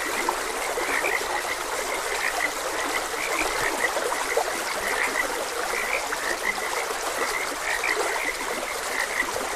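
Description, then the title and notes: Frogs croaking in a steady chorus, many short pulsed notes overlapping throughout, over the constant rush and trickle of flowing water. Frogs croaking beside a gentle stream. "Gentle Stream and Frogs Croaking. Sleep and Relaxation Podcast"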